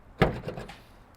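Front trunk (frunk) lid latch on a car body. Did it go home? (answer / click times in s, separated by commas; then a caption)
released / 0.2 s. The front trunk (frunk) lid latch on a Tesla Model 3/Y electric car is released from the phone or touchscreen. It pops open with a sharp click at 0.2 s, and the lid clicks up slightly, followed by softer knocks around 0.5 and 0.7 s. The frunk latch is released and the lid sits slightly raised, ready to be lifted by hand.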